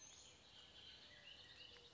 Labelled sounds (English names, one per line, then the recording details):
Bullock's Oriole
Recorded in Sonoma County, California